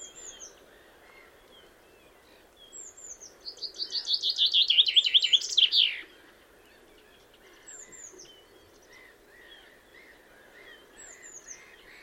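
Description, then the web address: Common chaffinch song, one rattling descending trill ending in a flourish, among thin high calls and soft chirps from other birds. "Deverinetal"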